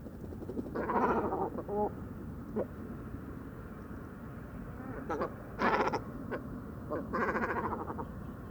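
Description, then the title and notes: Great cormorant calls, scattered hoarse croaks and short bleating grunts in separate bursts, with quiet gaps between them over a low steady hum. Great cormorants gathering at dusk to roost on fishermen's posts on the shore of the Vaccarès, Camargue, 4 January 2020; constant squabbles over space until nightfall; distant car murmur; Mixp3 recorder, MKH40 microphone. "Dortoir de Grands cormorans. Bord du Vaccarès - Camargue"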